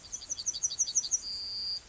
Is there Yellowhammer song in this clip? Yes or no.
yes